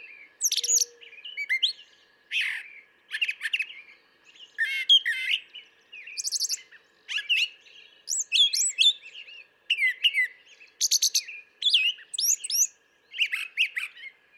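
Brown thrasher pouring out a long run of varied, bright phrases, with rich chirps, slurs and harsh notes, many repeated in pairs.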